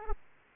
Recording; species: mosquito wingbeat signal from an infrared sensor; Aedes aegypti